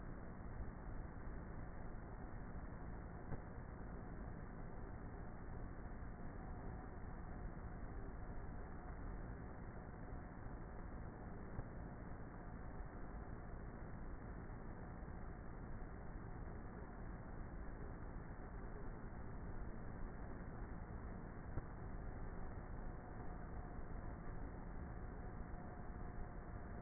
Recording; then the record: honeybee colony, microphone inside the hive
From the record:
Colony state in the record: queenless with a low population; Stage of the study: before two queens were removed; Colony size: about 30,000 bees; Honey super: no